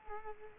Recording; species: mosquito wingbeat signal from an infrared sensor; Culex quinquefasciatus